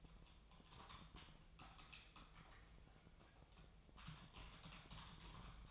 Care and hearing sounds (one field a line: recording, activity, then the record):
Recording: daily activity, microphone in the room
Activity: typing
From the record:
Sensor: 1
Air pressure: 999.2 hPa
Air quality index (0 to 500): 209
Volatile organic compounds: 51 ppm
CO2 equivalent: 3309 ppm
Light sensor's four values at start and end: 9/22/8/9 and 9/22/8/9